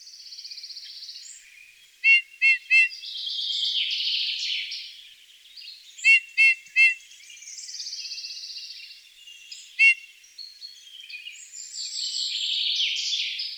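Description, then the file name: Eurasian bullfinch calls in quick runs of three plus a single note, against steady background noise. "Pyrrhula pyrrhula"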